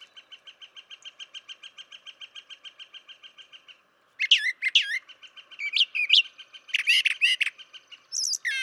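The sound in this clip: Brown Thrasher song of loud varied slurred and buzzy phrases starting after four seconds, preceded by a steady rapid chipping series.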